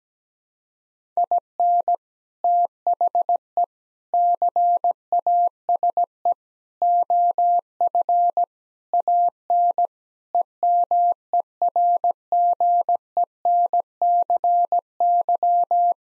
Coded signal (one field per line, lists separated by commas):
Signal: Morse code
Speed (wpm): 17 wpm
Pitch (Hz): 700 Hz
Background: none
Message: IN THE CASE OF AN EMERGENCY